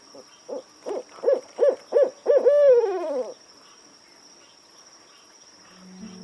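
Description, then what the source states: Owl hooting: about six short, evenly spaced hoots, then a longer final note that slides downward, over a steady high-pitched whine. Owl calling at night.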